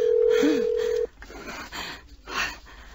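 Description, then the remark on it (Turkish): One steady, mid-pitched telephone ringing tone of an outgoing call waiting to be answered sounds for about a second, then cuts off, leaving quieter muffled noise and faint indistinct sounds. “Hadi aç şu telefonu aç.”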